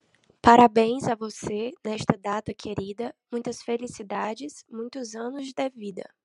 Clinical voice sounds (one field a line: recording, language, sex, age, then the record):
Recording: short text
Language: Brazilian Portuguese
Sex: female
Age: 30 to 39 years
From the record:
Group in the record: control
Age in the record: 30 years